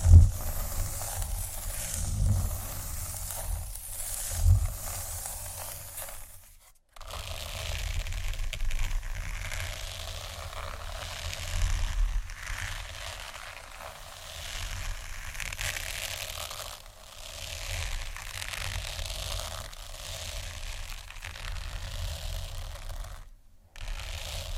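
Scratching fills the recording as a dense, rough rasp that swells and fades in uneven waves, with a steady low rumble underneath. It stops abruptly for brief silences near seven seconds and again around twenty-three seconds before resuming.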